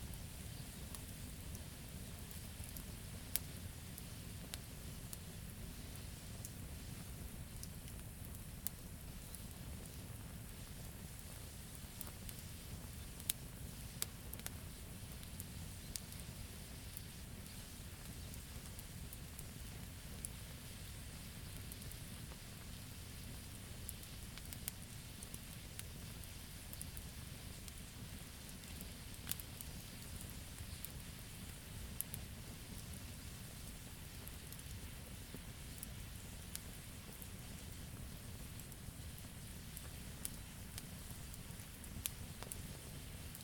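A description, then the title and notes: A gentle campfire burns steadily, with a dense low rumble of flame underneath and frequent sharp crackles and pops scattered throughout, some brighter and louder than others. The sound stays even from start to finish. Soothing & Calm Campfire. Immerse yourself in the crackling sounds of a gentle campfire.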